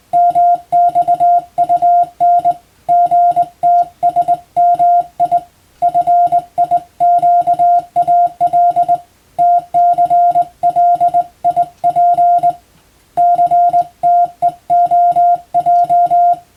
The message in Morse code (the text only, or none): MXUN GTSMI FIQAL TCLIP CTEOJ